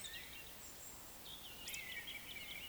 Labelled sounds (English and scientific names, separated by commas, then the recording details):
Eurasian Woodcock (Scolopax rusticola) whistle, Eurasian Woodcock (Scolopax rusticola) croak
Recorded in Baden-Württemberg, Germany, on 20 May 2021 at 19:19 UTC
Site 24606, 635 m above sea level